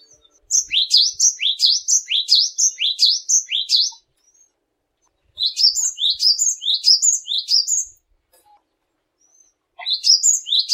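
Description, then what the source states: Cinereous tit song in three bursts of quick, high, swooping notes, the first two phrases a few seconds long separated by short pauses, the last cut off. In full song (gacor).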